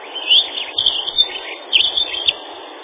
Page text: Лесная завирушка — Prunella modularis